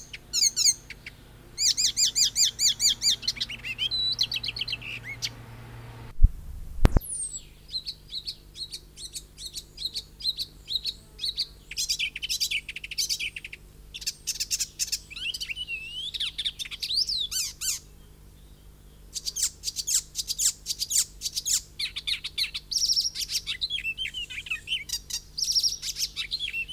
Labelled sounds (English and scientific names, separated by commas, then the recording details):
Icterine Warbler (Hippolais icterina) song
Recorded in the wild
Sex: male
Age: adult
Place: Forchheim, Bayern, DE
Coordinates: 49.6736, 11.0792
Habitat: grove
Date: 1964-05-30
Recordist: Tretzel, Erwin